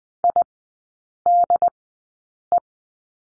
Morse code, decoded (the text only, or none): IDE